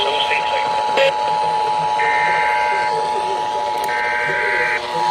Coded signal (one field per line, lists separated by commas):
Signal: Emergency Alert System (SAME) tones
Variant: 853 and 960 Hz attention tone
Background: speech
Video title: EAS Compilation: Alert Inundation (6/21/21) (48 alerts)